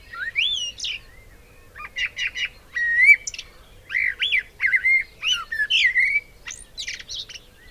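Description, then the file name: Eurasian blackbird song: a run of rich, varied fluted notes and slurred whistles, broken by brief gaps and scattered high squeaky flourishes. "Turdus merula"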